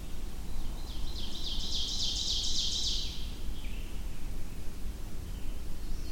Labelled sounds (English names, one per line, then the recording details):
Ovenbird song
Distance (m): 45 m
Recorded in boreal forest in Alberta, Canada, on 21 June 2016 at 06:03
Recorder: SongMeter 3, array SBT-6-76
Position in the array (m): 282 m, 103 m
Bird 1